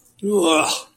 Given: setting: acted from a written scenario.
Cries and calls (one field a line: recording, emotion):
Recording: vocal sound without words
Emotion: disgust